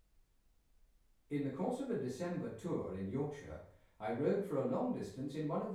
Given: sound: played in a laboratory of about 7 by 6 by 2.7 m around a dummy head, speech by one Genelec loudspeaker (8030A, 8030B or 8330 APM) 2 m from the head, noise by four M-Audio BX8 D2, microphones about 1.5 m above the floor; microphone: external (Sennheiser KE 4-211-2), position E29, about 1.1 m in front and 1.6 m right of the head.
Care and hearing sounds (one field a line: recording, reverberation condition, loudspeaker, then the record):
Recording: male speech in English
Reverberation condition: medium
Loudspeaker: 120 degrees to the right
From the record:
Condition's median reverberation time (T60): about 510 ms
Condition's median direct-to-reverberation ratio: about -0.5 dB